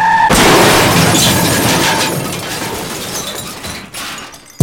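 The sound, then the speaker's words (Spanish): During a police chase, a car that swerved to avoid another car and could not brake slams into a boulevard wall with a sudden loud crunching impact, followed by a few seconds of scraping, rattling debris and shattering glass that slowly fades, then a sharp final clank. “Y Rafi Méndez lo pudo esquivar, pero no pudo frenar y chocó contra el bulevar.”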